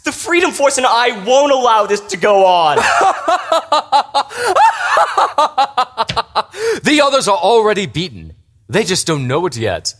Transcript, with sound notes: The Freedom Force and I won't allow this to go on!
[LAUGHS] The others are already beaten. They just don't know it yet.